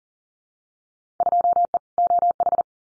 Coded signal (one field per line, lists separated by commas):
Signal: Morse code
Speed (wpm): 40 wpm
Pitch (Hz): 700 Hz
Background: none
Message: 2E OH